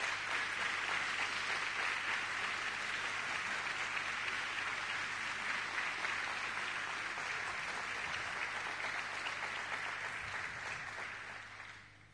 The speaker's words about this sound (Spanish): Dele un aplauso grande al Señor.